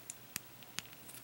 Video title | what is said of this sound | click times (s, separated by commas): Subscription Spot - Brickloot June 2016 Subscription Box UNBOXING! | Okay, and that just snaps into place. | 0.8 s